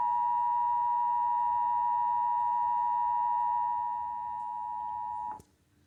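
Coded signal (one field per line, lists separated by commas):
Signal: Emergency Alert System (SAME) tones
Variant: 853 and 960 Hz attention tone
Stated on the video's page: Severe thunderstorm warning relayed on Spectrum cable, recorded by phone, with the end-of-message tone partly cut off.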